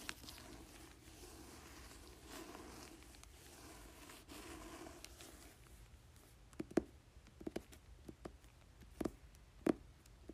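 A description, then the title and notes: Fingers tap and crinkle a book cover, starting with a soft, steady rustling for the first six seconds. After that the sound turns sparser, with sharp, louder taps at irregular moments, the strongest near seven, nine and ten seconds, between quiet stretches. Tapping and Crinkling Book Cover.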